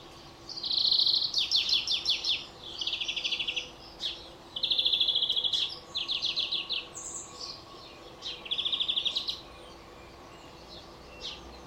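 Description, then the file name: European greenfinch giving rapid, metallic trills and twitters in short bursts about a second long, repeated with brief pauses, over a steady background hiss. "Chloris chloris"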